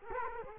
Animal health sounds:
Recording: mosquito wingbeat signal from an infrared sensor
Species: Culex quinquefasciatus

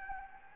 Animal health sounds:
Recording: mosquito wingbeat signal from an infrared sensor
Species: Anopheles gambiae

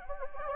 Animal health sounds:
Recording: mosquito wingbeat signal from an infrared sensor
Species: Anopheles gambiae

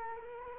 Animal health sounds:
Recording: mosquito wingbeat signal from an infrared sensor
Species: Culex quinquefasciatus

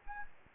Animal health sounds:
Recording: mosquito wingbeat signal from an infrared sensor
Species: Aedes aegypti

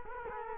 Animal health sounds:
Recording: mosquito wingbeat signal from an infrared sensor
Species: Culex quinquefasciatus

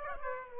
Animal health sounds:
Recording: mosquito wingbeat signal from an infrared sensor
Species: Aedes aegypti

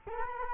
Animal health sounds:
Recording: mosquito wingbeat signal from an infrared sensor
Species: Culex quinquefasciatus

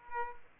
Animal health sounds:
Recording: mosquito wingbeat signal from an infrared sensor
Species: Aedes aegypti

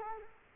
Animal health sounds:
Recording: mosquito wingbeat signal from an infrared sensor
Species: Culex quinquefasciatus

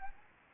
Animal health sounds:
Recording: mosquito wingbeat signal from an infrared sensor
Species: Anopheles gambiae

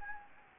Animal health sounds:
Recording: mosquito wingbeat signal from an infrared sensor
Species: Anopheles gambiae

